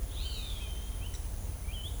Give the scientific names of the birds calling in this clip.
Rupornis magnirostris